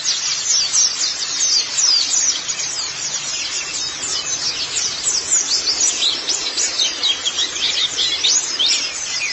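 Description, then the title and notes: White-eye song with dense high-pitched chirps and brief trills, steady chatter through the whole stretch. "Kicauan Burung Pleci Durasi Panjang. Suara kicauan burung pleci"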